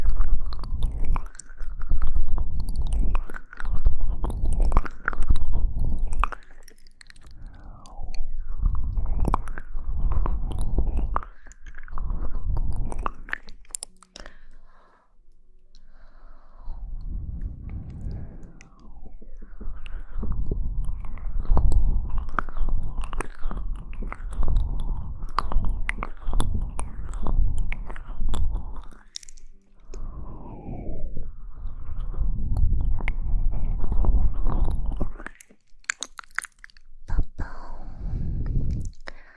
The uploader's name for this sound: Mouth Sounds